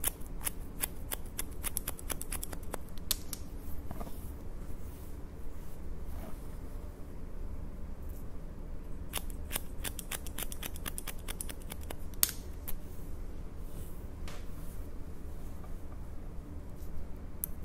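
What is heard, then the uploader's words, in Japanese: Scissors cutting, heard as bursts of short, crisp snips that come in quick runs and then pause, with clusters near the start, around 9 to 11 seconds and 12 to 15 seconds. A steady low hum runs underneath throughout. (ASMR)ハサミでカット。ホワイトノイズよりの音となります。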